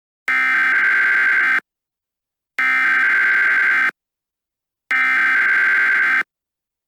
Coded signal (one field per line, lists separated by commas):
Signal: Emergency Alert System (SAME) tones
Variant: header bursts